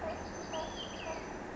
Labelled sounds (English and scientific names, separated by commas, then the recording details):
Olive-sided Flycatcher (Contopus cooperi)
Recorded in Sonoma County, California